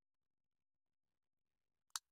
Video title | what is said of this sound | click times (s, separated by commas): Nゲージ KATO DD51後期耐寒形２種紹介+付属品取り付け！ | 差し込むだけですけど、ちゃんとね、中でカチッとはまるんで、そう簡単にぶっ壊れることはなさそうです。 | 2.0 s